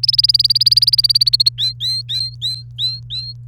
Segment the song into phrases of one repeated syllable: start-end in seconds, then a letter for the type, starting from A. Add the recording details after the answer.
0.03-1.49 A, 1.58-3.33 B. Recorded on 30 April 2018 at 05:52. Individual llb3